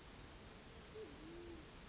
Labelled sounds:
Band-tailed Pigeon
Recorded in Sonoma County, California

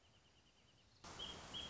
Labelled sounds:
Wrentit
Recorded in Sonoma County, California

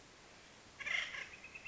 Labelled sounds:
Northern Flicker
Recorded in Sonoma County, California

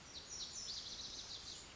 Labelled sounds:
Lazuli Bunting
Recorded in Sonoma County, California

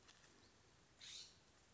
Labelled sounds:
California Scrub-Jay
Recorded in Sonoma County, California

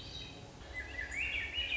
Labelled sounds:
Swainson's Thrush
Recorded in Sonoma County, California

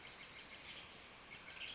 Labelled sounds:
Western Tanager
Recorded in Sonoma County, California

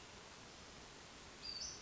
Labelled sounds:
Western Flycatcher
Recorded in Sonoma County, California

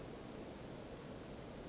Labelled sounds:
Western Flycatcher
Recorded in Sonoma County, California

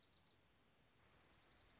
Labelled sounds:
Dark-eyed Junco
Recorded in Sonoma County, California

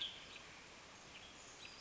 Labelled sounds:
Western Tanager
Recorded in Sonoma County, California

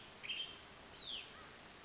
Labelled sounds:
Hutton's Vireo
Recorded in Sonoma County, California

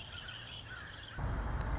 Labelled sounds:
Red-winged Blackbird
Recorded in Sonoma County, California

